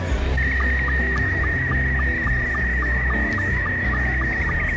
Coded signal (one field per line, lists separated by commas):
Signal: SSTV (slow-scan television)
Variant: Scottie 2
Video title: ARRL Orlando HamCation 2026: Experience Ham Radio's Playground NOW IN PROGRESS!